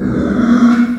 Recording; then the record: squeal of a Yucatan mini pig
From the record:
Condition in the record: after surgery on the right vocal fold (resection and tissue-engineered implant); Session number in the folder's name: 7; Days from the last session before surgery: 47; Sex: female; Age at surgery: 19 weeks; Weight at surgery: 25 kg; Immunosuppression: prednisolone